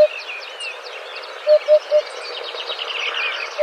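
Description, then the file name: Eurasian hoopoe giving a low, hollow three-note 'oop-oop-oop' near the middle, with single notes at the start and end, over busy high twittering from other birds. "Huppe fasciee"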